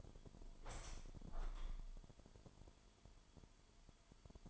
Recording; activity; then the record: daily activity, microphone in the room; open window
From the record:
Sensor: 5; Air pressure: 998.1 hPa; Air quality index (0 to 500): 99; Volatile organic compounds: 2 ppm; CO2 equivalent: 1138 ppm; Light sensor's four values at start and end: 27/65/27/30 and 27/66/27/30